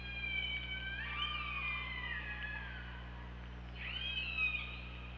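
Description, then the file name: Killer whale calls, two wavering harmonic calls that rise and fall slowly, separated by a short gap, over a persistent low hum. OrcaLab hydrophone, 24 August 2017 at 23:34. "Orca Lab UTLN JASON 20170824 233450"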